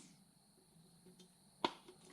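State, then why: Seated. A rubber mounting piece is pushed by hand into a hole in the plastic base of a motorcycle top box. After a quiet stretch with a faint tick around 1.2 s, a sharp pop at 1.65 s marks the mount seating in place.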